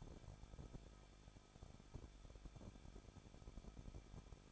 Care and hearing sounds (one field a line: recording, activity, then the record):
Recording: daily activity, microphone in the room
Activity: no activity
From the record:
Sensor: 5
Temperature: 20.9 degrees Celsius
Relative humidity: 38.2%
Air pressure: 1006.4 hPa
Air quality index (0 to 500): 189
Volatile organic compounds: 19 ppm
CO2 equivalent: 2662 ppm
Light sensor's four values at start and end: 2/3/1/1 and 2/3/1/1